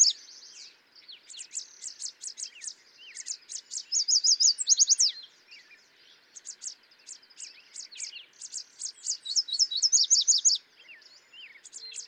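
Yellow warbler, rapid sweet high-pitched phrases repeating in a few bursts, with a background of many other chirping songbirds.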